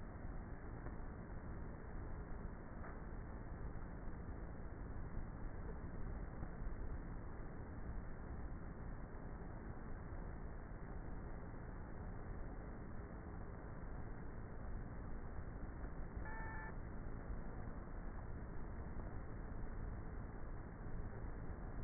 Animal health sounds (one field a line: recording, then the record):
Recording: honeybee colony, microphone inside the hive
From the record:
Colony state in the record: queenless with a low population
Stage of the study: before two queens were removed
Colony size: about 30,000 bees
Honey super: no